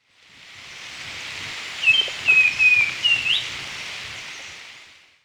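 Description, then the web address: Black-and-white becard giving a brief series of whistled notes, the last sliding upward, against constant background hiss. Recorded in Ecuador. "Birds of Ecuador. Black-And-White Becard"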